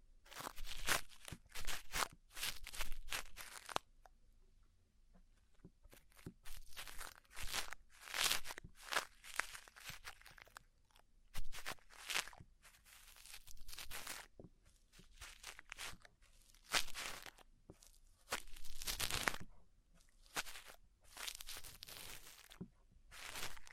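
Crackling scratches and crunchy rubbing from a deep ear cleaning come in quick clustered bursts, bright and sharp, separated by brief near-silent pauses. The rhythm is irregular, with denser stretches around the middle and end.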